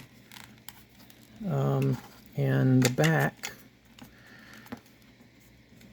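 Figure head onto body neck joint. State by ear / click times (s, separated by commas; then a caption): seated / 0.7 s. A plastic Hasbro Dungeons & Dragons Golden Archive Owlbear action figure's head is tipped back, its socket hole lined up with the neck peg and pressed on, giving a sharp click at 0.7 s as it seats onto the body's neck joint. Someone then talks, followed by a few faint small clicks and handling sounds.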